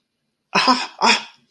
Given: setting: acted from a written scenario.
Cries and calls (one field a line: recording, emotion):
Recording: vocal sound without words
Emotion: distress